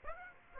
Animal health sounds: mosquito wingbeat signal from an infrared sensor; Aedes aegypti

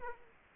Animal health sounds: mosquito wingbeat signal from an infrared sensor; Aedes aegypti

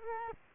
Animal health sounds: mosquito wingbeat signal from an infrared sensor; Culex quinquefasciatus

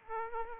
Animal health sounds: mosquito wingbeat signal from an infrared sensor; Aedes aegypti

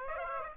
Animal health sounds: mosquito wingbeat signal from an infrared sensor; Aedes aegypti

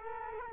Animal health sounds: mosquito wingbeat signal from an infrared sensor; Culex quinquefasciatus

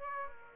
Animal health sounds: mosquito wingbeat signal from an infrared sensor; Aedes aegypti

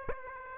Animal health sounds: mosquito wingbeat signal from an infrared sensor; Aedes aegypti

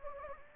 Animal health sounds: mosquito wingbeat signal from an infrared sensor; Anopheles gambiae

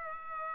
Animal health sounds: mosquito wingbeat signal from an infrared sensor; Culex pipiens

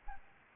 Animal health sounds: mosquito wingbeat signal from an infrared sensor; Anopheles arabiensis

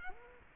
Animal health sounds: mosquito wingbeat signal from an infrared sensor; Culex quinquefasciatus

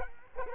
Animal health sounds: mosquito wingbeat signal from an infrared sensor; Culex quinquefasciatus

